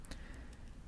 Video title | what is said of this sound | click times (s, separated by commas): Utilitech fan teardown | and there's the click you can see all the dust flying out of it that's fun | 0.1 s